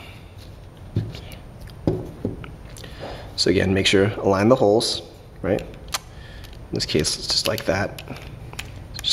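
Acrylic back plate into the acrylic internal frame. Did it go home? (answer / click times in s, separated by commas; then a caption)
yes / 8.6 s. An acrylic back plate is lined up with its holes and pressed into the slots of an acrylic internal frame while someone talks. Light handling taps and knocks are heard before a sharp click at 8.6 s as the plate pops into place and seats.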